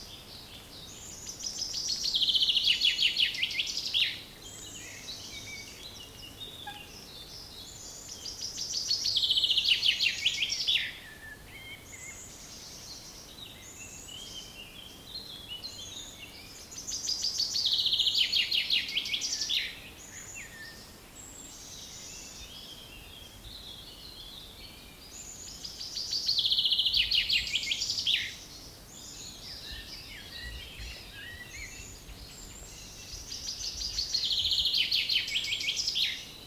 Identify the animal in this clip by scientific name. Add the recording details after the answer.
Fringilla coelebs. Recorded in the wild. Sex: male. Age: adult. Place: Mühlenbeck, Brandenburg, DE. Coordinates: 52.667, 13.37. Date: 1992-05-23 11:43. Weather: 23-24°C, böiger Wind. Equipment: Nagra SN, Mikrofon AKG CK 8, Kopie Tesla B 116. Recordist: Tembrock, Günter